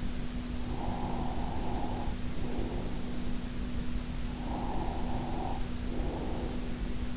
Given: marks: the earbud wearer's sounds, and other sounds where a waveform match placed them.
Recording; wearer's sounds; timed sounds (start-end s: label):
sounds in sleep by an in-ear microphone; breath
0.71-3.14 s: breath
4.29-7.01 s: breath